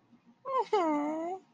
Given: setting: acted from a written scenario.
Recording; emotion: vocal sound without words; sympathy